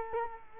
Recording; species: mosquito wingbeat signal from an infrared sensor; Culex quinquefasciatus